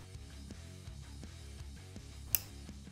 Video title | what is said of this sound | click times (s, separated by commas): Remove and Install Street Glide Inner Fairing - Color-Match Swap | It only goes in one way. Make sure you hear a click. | 2.3 s